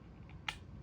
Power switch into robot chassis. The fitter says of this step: place you should hear it click